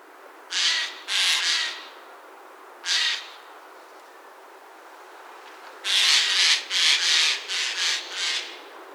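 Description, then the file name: Eurasian jay giving harsh, rasping screeches: three scattered shrieks early on, then a close run of about five after a pause, over a steady background hiss. "Garrulus glandarius"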